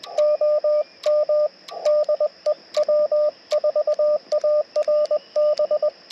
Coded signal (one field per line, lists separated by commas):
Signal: Morse code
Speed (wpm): 20 wpm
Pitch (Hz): 600 Hz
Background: radio noise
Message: OM DE W4ARB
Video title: POTA with Chameleon MPAS Lite & Yaesu FT-891 - 6/12/23 @ K-3684